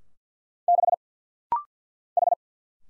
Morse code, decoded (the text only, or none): 6 H